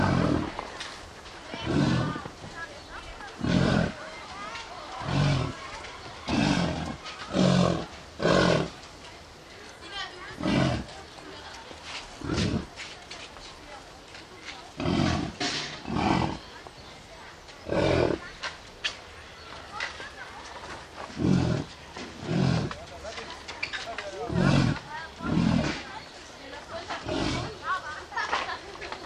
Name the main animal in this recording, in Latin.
Bison bison